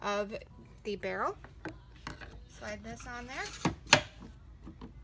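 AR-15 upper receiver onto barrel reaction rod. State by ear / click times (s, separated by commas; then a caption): seated / 3.9 s. Someone talks while sliding an AR-15 upper receiver onto a Geissele reaction rod used for easier installation of the barrel. A single sharp, loud click-like hit is heard at 3.9 s as the upper locks into place on the rod, and it is seated.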